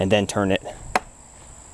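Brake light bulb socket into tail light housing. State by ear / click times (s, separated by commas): seated / 1.0 s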